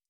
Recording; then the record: hydrophone in a shrimp aquaculture tank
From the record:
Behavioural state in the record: stressed